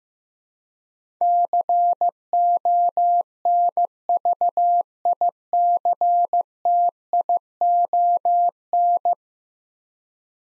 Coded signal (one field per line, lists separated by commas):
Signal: Morse code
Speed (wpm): 15 wpm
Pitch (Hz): 700 Hz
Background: none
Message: CONVICTION